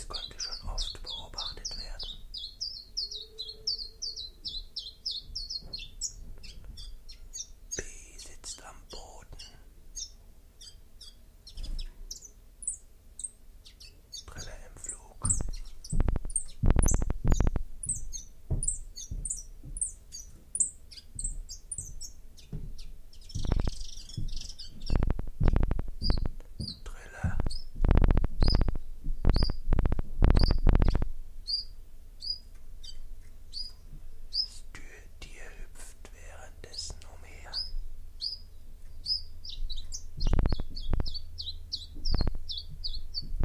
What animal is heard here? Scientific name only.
Phylloscopus collybita